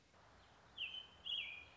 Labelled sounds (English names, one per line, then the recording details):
American Robin
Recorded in Sonoma County, California